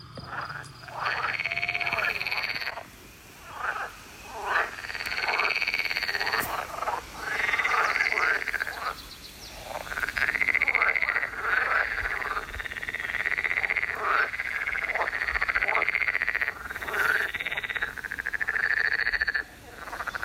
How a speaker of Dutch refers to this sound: En precies tussen Cross Junction en Moskou, we hebben het nagemeten, ligt Lauwersoog. En daar horen we de kikkers van G en Marianne.